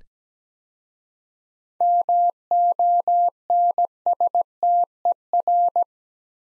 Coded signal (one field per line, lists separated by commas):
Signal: Morse code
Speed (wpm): 17 wpm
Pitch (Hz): 700 Hz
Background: none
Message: MONSTER